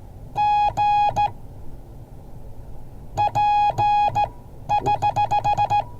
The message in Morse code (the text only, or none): G P<HH>